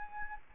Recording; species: mosquito wingbeat signal from an infrared sensor; Anopheles arabiensis